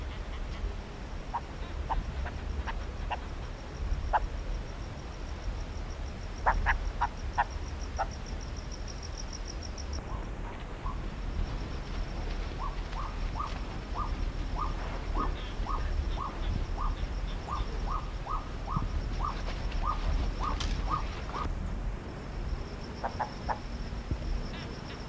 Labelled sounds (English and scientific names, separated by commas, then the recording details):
Freckled Nightjar (Caprimulgus tristigma) call
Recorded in the wild
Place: Farm Bergquell
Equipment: Halbspur, 9,5 cm/s
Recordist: Lütgens, Hans